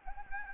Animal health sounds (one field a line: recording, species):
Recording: mosquito wingbeat signal from an infrared sensor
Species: Anopheles gambiae